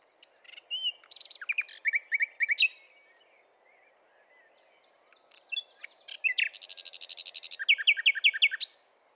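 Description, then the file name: Common nightingale song: rich phrases of rapid repeated notes, buzzy trills and whistles, two bursts separated by a quiet pause of about three seconds. "Luscinia megarhynchos"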